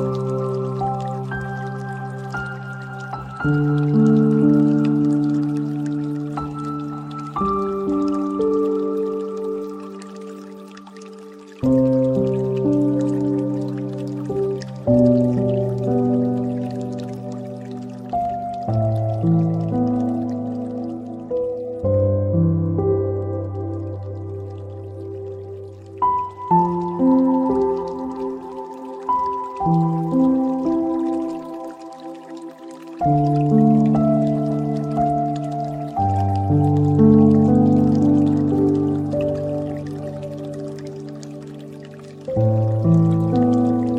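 Soft, gentle piano music plays slow, sustained chords that shift every few seconds, warm and mostly low to middle in pitch, swelling and fading with each new chord. A faint trickle of water and light drips sit quietly in the background.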